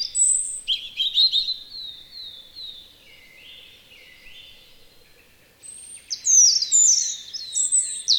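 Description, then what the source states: European robin singing: high, thin, tumbling phrases of sliding whistles and trills, a quieter wavering middle section, then a bright, rapid burst of sparkling notes. Spring; song of a common Estonian bird.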